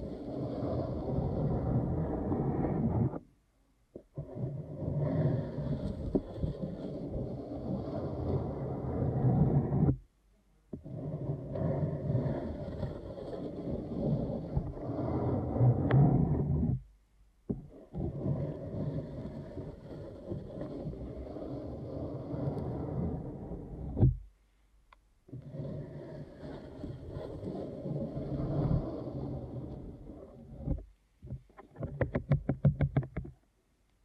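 Deep ear canal massage: dense, low rubbing rumble in steady stretches of about six seconds, split by brief silences, ending in quick crackles.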